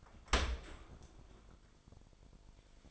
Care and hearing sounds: daily activity, microphone in the room; open dishwasher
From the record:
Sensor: 5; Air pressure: 1003.2 hPa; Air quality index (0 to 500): 130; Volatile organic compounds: 1 ppm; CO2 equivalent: 951 ppm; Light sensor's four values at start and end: 88/211/89/102 and 87/209/89/101

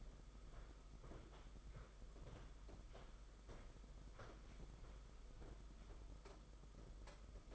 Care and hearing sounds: daily activity, microphone in the room; walk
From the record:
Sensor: 5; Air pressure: 991.8 hPa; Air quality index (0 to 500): 149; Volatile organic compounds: 174 ppm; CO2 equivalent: 4122 ppm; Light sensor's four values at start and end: 32/108/40/43 and 32/106/40/42

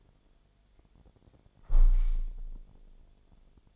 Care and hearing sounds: daily activity, microphone in the room; close window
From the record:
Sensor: 5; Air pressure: 1000.5 hPa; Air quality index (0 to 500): 145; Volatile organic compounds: 2 ppm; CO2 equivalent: 1115 ppm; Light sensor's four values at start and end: 41/97/41/44 and 41/97/41/44

